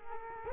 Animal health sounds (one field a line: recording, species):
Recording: mosquito wingbeat signal from an infrared sensor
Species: Culex quinquefasciatus